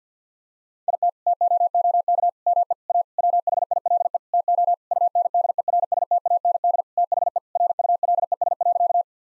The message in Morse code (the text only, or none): IT TOOK ME A WHILE TO UNDERSTAND THE RULES.